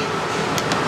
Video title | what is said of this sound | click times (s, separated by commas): bore up vario jadi 180 cc | udah klek Iya | 0.6 s